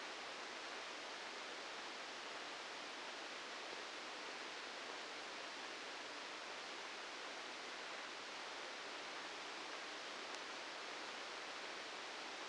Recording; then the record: brain microelectrode recording played as sound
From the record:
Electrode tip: outside the subthalamic nucleus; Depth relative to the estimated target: -3 mm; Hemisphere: left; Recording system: NeuroSet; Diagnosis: Parkinson's disease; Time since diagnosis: 9 years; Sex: male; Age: 61 years